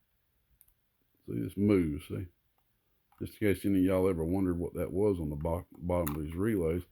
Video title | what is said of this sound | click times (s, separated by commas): Relays, Switches & More Relays For You! - Website Release Preparation! | and it clicks into place with this | 0.6 s, 0.7 s